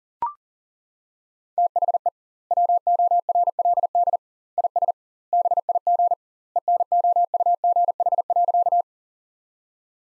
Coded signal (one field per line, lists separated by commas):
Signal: Morse code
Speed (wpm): 40 wpm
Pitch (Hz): 700 Hz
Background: none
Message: THE WORLD IS BIG ENOUGH.